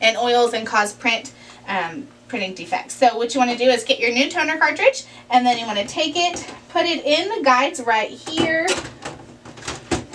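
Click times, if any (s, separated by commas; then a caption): none. Someone talks while a new plastic toner cartridge is picked up, placed into the guides and begins sliding into an HP M127fn laser printer, with a few short handling bumps near the end. The cartridge has not seated or clicked into place yet.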